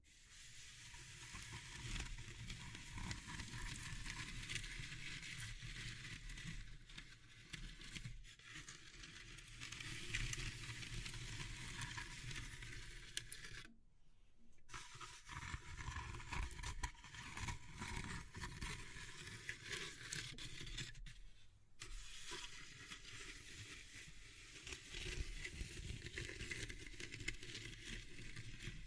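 Wood, bamboo and straw are handled in a dense, continuous run of scratching, rustling and crackling, bright and busy throughout, over a steady low rumble. The sound breaks off briefly near 14 seconds and again around 21 seconds, then resumes.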